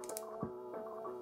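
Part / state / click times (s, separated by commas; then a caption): watch strap spring bar into watch case lug hole / not seated / none. The other end of a Rolex watch strap's spring bar is being worked toward the opposite lug hole of the metal watch case, with music playing throughout. A few faint ticks sound in the first 0.2 seconds and a soft low thump comes near 0.4 seconds. Nothing has seated or clicked yet.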